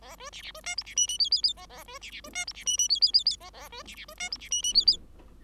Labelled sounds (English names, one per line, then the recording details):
Bengalese Finch song
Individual Bird5